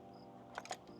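On a 2023 Honda Grom, the last plastic fastener holding the stock rear fender to the motorcycle tail section is worked loose during fender removal. It pops free with a quick series of sharp clicks at 0.6, 0.7 and 0.7 seconds, and the fender is released.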